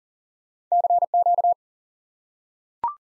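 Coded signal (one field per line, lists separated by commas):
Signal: Morse code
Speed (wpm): 38 wpm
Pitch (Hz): 700 Hz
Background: none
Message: CQ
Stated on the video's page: Morse lesson drilling the QSO element 599 as a single word for instant word recognition.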